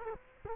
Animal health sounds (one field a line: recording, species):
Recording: mosquito wingbeat signal from an infrared sensor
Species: Culex quinquefasciatus